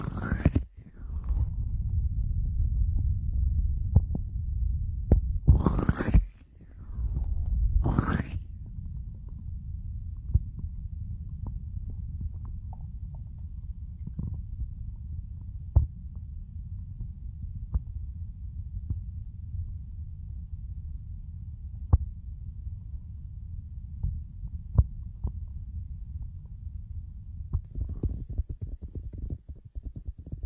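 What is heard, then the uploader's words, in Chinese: Warm hands massage and rub both ears, giving a steady low, muffled rumble throughout. Sharp rustling sweeps cut through near the start and around six and eight seconds, with soft scattered clicks and light taps continuing over the dull, throbbing pressure. 温热双手 按摩揉搓双耳。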